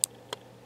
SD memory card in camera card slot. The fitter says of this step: To insert a flash card, make sure it's the right way round push in, until you hear or feel it click